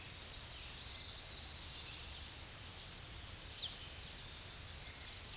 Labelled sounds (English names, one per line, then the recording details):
Chestnut-sided Warbler song
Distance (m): 50 m
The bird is about level with the microphone
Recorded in a Pennsylvania forest on 16 May 2024 at 07:32
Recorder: AudioMoth, point MSD-2494
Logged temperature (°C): 15.6 °C
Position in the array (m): 163 m, 215 m